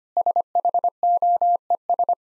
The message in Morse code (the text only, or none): SHOES